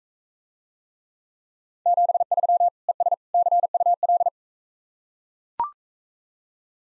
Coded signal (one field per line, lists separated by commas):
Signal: Morse code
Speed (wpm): 44 wpm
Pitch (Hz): 700 Hz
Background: none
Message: 73 ES CUL